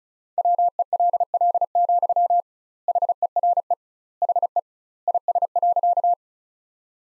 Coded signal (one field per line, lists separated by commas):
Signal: Morse code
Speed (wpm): 34 wpm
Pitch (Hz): 700 Hz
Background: none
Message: WELL, HERE HE IS.